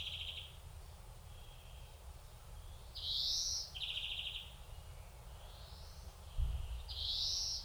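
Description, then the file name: European greenfinch calls: high rising upslurred notes alternating with short buzzy trills, a few seconds apart, over steady low background rumble. "Chloris chloris"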